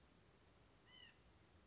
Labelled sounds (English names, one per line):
White-breasted Nuthatch